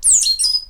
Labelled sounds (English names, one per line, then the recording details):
Stitchbird song
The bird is a male
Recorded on Tiritiri Matangi Island, New Zealand, in 2005
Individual 12, of nest box 16